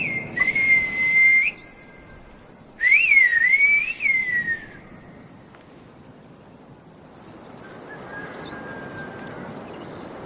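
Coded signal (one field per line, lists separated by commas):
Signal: whistled language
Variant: Silbo Gomero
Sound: two loud gliding whistled phrases rising and falling in pitch, then quiet background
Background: outdoor wind noise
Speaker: es lenguaje creado para lo íntimo sino para lo público para lo que debe decirse en voz alta y puede ser escuchado por todos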